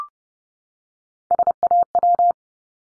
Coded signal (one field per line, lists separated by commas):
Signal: Morse code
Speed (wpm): 30 wpm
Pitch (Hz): 700 Hz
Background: none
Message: SAW